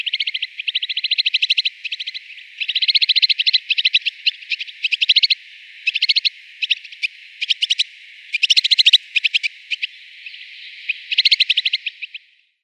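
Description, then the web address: Snowfinch calls in quick bursts of dry, rapid chattering notes, pausing briefly between runs, on an otherwise quiet background. "Schulze Peter Snowfinch calls"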